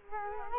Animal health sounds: mosquito wingbeat signal from an infrared sensor; Culex quinquefasciatus

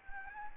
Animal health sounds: mosquito wingbeat signal from an infrared sensor; Anopheles gambiae

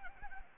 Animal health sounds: mosquito wingbeat signal from an infrared sensor; Anopheles gambiae

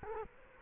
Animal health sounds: mosquito wingbeat signal from an infrared sensor; Culex quinquefasciatus

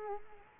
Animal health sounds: mosquito wingbeat signal from an infrared sensor; Culex quinquefasciatus

